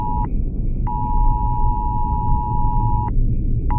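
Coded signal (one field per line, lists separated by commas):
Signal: Emergency Alert System (SAME) tones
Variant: 853 and 960 Hz attention tone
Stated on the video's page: Fictional EAS scenario about an asteroid striking the moon.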